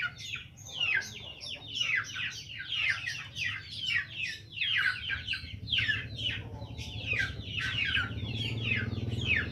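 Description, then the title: Sooty-headed bulbul song: a dense, continuous run of quick chirping and warbled notes over a constant low hum. "Kutilang 20"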